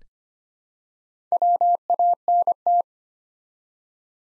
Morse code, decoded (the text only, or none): WANT